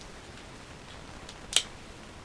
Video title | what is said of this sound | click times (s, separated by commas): Live Build - Airfiix 1/72 Sherman Firefly - Part 1 | there we go right just had to click in place | 1.6 s